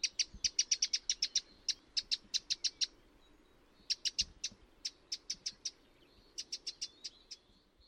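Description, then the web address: Bird calls, short sharp high notes repeated rapidly in several bursts. "cianscape birddata Deverinetal 2025"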